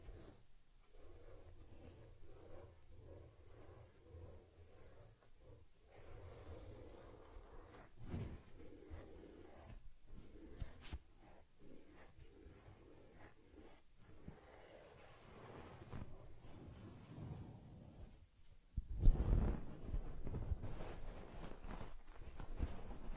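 Close handling sounds from grooming a teddy bear: soft rubbing, brushing and scratching against fur, coming in uneven strokes with short pauses between them. A heavier, louder rustle lands around nineteen seconds, and the handling continues steadily after it.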